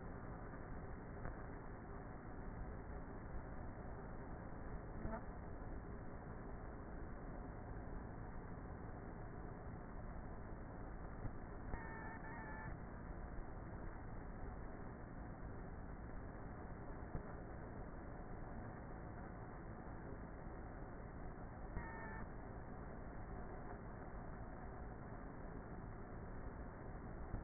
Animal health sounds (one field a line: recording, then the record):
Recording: honeybee colony, microphone inside the hive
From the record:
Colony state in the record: queenless with a low population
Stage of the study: before two queens were removed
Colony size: about 30,000 bees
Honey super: no